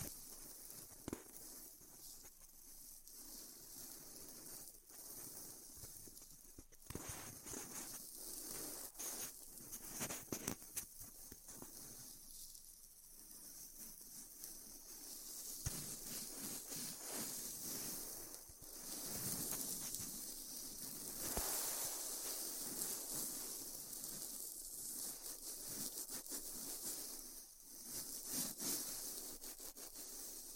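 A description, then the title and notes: Styrofoam being heat cut: a steady, bright hiss and sizzle runs the whole time, broken by frequent irregular crackles and pops. Softer low scraping and rubbing comes and goes beneath it, with a short quieter dip near the 27-second mark. ASMR Styrofoam Heat Cutting (No Talking).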